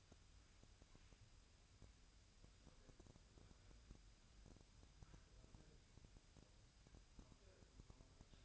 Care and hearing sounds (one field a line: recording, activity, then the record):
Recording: daily activity, microphone in the room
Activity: wipe stove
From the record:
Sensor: 2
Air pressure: 1003.2 hPa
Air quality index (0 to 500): 202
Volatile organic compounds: 6 ppm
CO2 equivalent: 1924 ppm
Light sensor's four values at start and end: 7/16/7/7 and 7/16/7/7